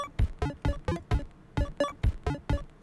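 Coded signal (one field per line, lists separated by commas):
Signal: none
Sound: rhythm game beat sounds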